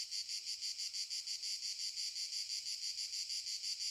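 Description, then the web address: Cicada stridulation, a bright, high, pulsing buzz repeating about three times a second, steady and loud throughout. Cicadas stridulating very loudly in summer fields during the day, in the morning. "Sculp Tunes - Summer in the field - Crickets and Cicadas - Summer in the fields - DAY Morning - the cicadas stridulate very loudly"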